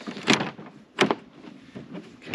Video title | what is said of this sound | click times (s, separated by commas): Greenworks 80V Battery Powered Snowblower - Full Unboxing, Setup, and First Impressions Review | Kind of snapped into place. | 0.3 s, 1.0 s, 1.1 s